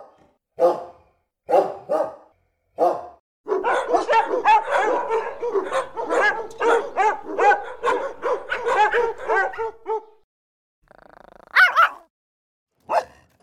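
Dog barks: a few spaced barks, then a dense, continuous burst of rapid barking and yapping, followed by a pause, a higher yelp and a final bark.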